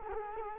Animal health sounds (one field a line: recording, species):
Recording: mosquito wingbeat signal from an infrared sensor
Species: Culex quinquefasciatus